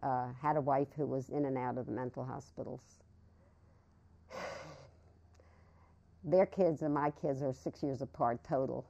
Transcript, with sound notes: — had a wife who was in and out of the mental hospitals. [Sighs] Their kids and my kids are six years apart total.